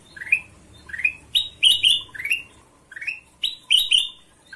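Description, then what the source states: Ruby-throated bulbul song: rapid series of rising, clear whistles, some louder and fuller, delivered in quick succession with short breaks. Tutor song (masteran) of combination song for training birds.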